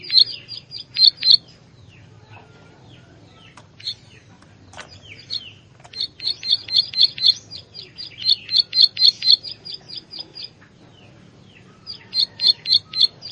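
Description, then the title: Plain Prinia song: quick high ticking notes given in short bursts separated by quiet gaps, with a few scattered faint chips. "Ciblek Sawah"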